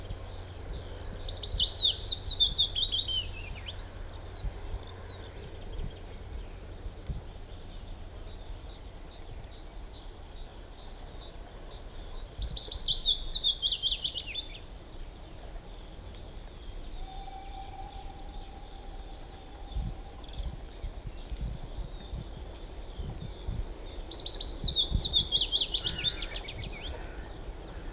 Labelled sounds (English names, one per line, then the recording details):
Willow Warbler song
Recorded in the wild
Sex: male
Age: adult
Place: Miroslawiec, Pojezierze Waleckie, Westpommern, PL
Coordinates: 53.3358, 16.065
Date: 1966-05-11 10:45
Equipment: Nagra III BH
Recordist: Schubert, Michael